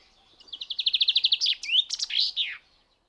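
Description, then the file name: Common chaffinch song: an even run of high trilled notes, then slurred notes and a falling terminal flourish, all within about two seconds. "pinson des arbres"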